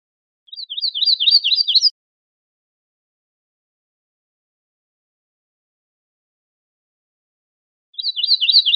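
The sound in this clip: Yellow-rumped warbler singing a quick high trill of rapid notes for about a second and a half, a long silence, then another trill starting about a second before the recording ends and cut off by the end.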